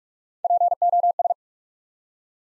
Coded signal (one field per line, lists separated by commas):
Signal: Morse code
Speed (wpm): 44 wpm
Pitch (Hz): 700 Hz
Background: none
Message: POS